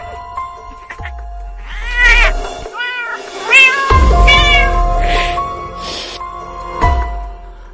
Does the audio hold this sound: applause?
no